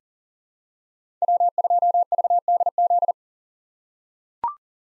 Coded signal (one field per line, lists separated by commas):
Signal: Morse code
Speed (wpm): 40 wpm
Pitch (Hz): 700 Hz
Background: none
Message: W2VDZ